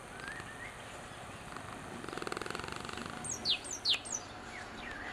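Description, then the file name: Great tit call: a quick series of several high, steeply falling notes near the end, after faint whistled notes amid background noise. "Parus major"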